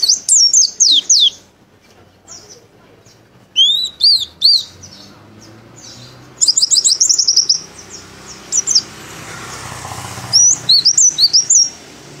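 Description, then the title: White-eye song: bursts of high, rapid whistled notes sweeping up and down, delivered in clusters separated by short pauses, with a faint low background hum. White-eye of the dakun type from Merapi, singing with open beak, its song mixing in canary-like phrases. "Pleci Dakun Merapi Buka Paruh sambung Kenarian"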